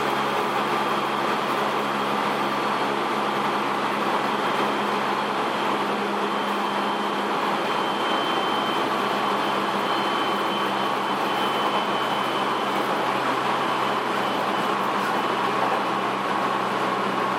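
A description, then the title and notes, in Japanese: A JR 207 series train travels between Kyobashi and Takarazuka, with a steady, even rumble and a faint high tone holding throughout. JR207系 京橋〜宝塚。JR東西線、宝塚線の区間で録音しました。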